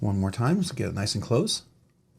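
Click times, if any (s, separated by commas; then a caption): none. A man talks while slowly closing the steel flipper blade of a Black Star Designs Apex Arc folding knife toward its handle so that the detent ball will catch it. The clip is mostly speech, and the blade has not yet snapped into its closed detent, so nothing has clicked or seated.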